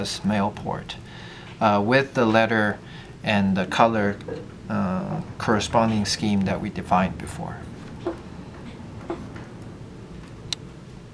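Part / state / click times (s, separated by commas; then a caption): crimped wire pin into connector housing port / seated / 10.5 s. Someone talks while crimped wire pins are pushed into the colour- and letter-coded ports of a plastic connector housing. Two quieter short taps come at 8.1 and 9.1 seconds, then a sharp, bright click at 10.5 seconds as a pin seats in its port.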